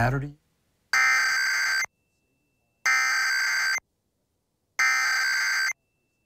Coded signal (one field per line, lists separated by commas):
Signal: Emergency Alert System (SAME) tones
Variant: header bursts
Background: speech